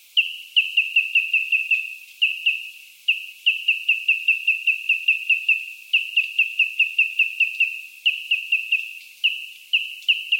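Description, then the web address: Bird calling in rapid bursts of short, high, down-slurred chips, several per second, in runs separated by brief pauses. Australian bird call. "Sound Effects-Foundation 1 BIRD AUS BIRD 06 CALL 01"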